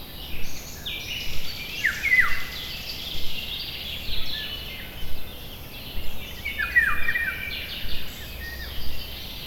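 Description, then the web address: Birds in a chorus of high chirps, with distinct falling whistles near two and seven seconds, over a low continuous rumble. Birds in a forest. "GDC 2017-Game Audio Bundle West Wolf - Nature Sounds. Forest birds"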